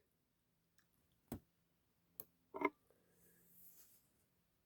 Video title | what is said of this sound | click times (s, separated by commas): NEW Oal Hill Model Railroad Track Supply Roadmaster Series Tie Rods for HO Scale Turmouta | you're going to hear a little click. That way you know that it's seated correctly. | 2.2 s